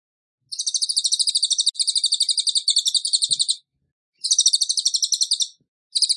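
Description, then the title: Tembakan bird song: rapid pulsed high trills in long runs, breaking off briefly and starting again, with a sharp, insect-like quality and no other clear sounds. Masteran for training cage birds; the bird is gacor, singing actively and often. "Masteran Burung Tembakan Gacor"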